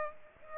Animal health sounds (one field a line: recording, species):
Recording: mosquito wingbeat signal from an infrared sensor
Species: Aedes aegypti